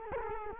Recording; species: mosquito wingbeat signal from an infrared sensor; Culex quinquefasciatus